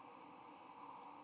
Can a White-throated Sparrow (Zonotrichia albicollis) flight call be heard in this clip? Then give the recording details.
no. No flight call is heard. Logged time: 09:27 on 20 November 2014